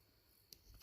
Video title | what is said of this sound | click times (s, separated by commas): Smith and Wesson model 13 Review | And you pull up until you hear it click, | 0.5 s